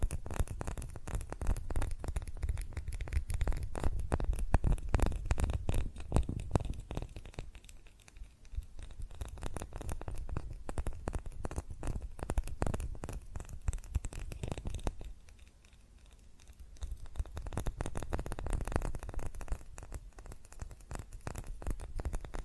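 Fast tapping on glass and ceramic objects, a dense stream of sharp clicks that runs almost without pause. The taps come in loud bursts with heavier low knocks, thinning out briefly around 8 and 16 seconds before building up again.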